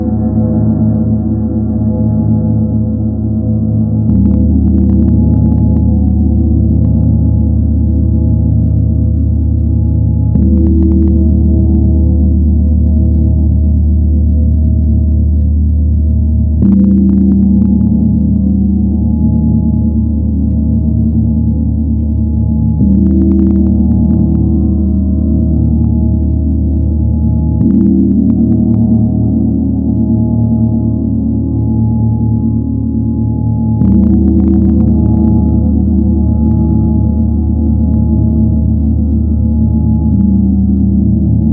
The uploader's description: the sound of the Chiron Gong